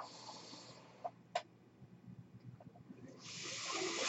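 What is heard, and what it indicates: Rushing airflow hiss, two sharp valve clicks, a quiet pause, then the hiss again: a home mechanical ventilator cycling.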